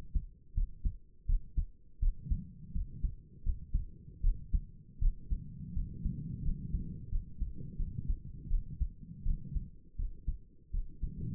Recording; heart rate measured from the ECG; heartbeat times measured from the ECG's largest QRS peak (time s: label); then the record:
heart sounds by stethoscope; 83 bpm
0.55 s: heartbeat
1.27 s: heartbeat
2.00 s: heartbeat
2.74 s: heartbeat
3.44 s: heartbeat
4.22 s: heartbeat
5.00 s: heartbeat
5.75 s: heartbeat
6.43 s: heartbeat
7.10 s: heartbeat
7.78 s: heartbeat
8.49 s: heartbeat
9.24 s: heartbeat
9.97 s: heartbeat
10.72 s: heartbeat
From the record:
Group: healthy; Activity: cold pressor test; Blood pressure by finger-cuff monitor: 98/63 mmHg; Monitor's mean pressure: 73 mmHg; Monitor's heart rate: 83 bpm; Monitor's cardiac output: 6.5 L/min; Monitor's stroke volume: 77 mL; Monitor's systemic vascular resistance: 820 dyn s/cm5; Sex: female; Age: 22 years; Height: 163 cm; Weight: 67.1 kg